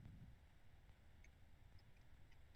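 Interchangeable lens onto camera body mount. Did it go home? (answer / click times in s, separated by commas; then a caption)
no / none. An interchangeable lens is held against a camera body mount with the white dot on the lens lined up to the white dot on the body, ready to be twisted to lock. Only faint handling noise and a small tick near 1.2 s are heard over a low rumble. The lens has not been turned and nothing has clicked or locked yet.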